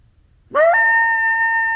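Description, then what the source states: Coyote howl: a tonal cry that sweeps quickly upward, then holds a steady, level pitch with rich harmonics for over a second. Coyotes, recorded on 2012-04-19.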